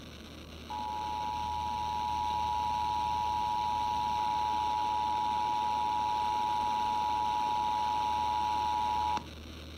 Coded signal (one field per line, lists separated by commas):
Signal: Emergency Alert System (SAME) tones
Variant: 853 and 960 Hz attention tone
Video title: EAS Pennsylvania Required Monthly Test 6/18/20 #10